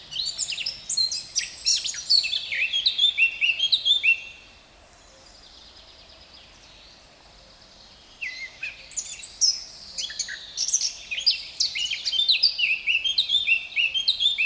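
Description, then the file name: Eurasian blackcap song, a rich rapid warble of whistled and scratchy notes for about four seconds, a pause of about four seconds, then another long warbling burst to the end. "Sylvia atricapilla"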